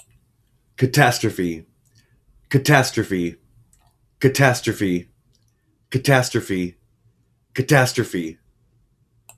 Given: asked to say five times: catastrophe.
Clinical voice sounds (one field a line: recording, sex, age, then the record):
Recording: repeated word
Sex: male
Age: 40 to 49 years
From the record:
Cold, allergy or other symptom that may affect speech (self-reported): no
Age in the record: 48 years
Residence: Minnesota, United States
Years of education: 17